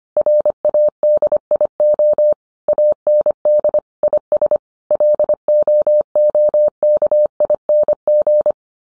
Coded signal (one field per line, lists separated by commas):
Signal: Morse code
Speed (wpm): 25 wpm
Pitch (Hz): 600 Hz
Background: none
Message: RADIO AND IS LOOKING